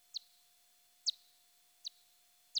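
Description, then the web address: Whiskered bat echolocation calls, four short downward-sweeping chirps at uneven intervals, otherwise quiet. "batlab echolocation myotmyst"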